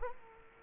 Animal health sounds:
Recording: mosquito wingbeat signal from an infrared sensor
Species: Culex quinquefasciatus

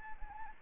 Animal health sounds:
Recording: mosquito wingbeat signal from an infrared sensor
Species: Anopheles arabiensis

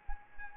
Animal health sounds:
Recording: mosquito wingbeat signal from an infrared sensor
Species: Anopheles arabiensis

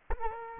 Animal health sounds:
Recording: mosquito wingbeat signal from an infrared sensor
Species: Culex quinquefasciatus

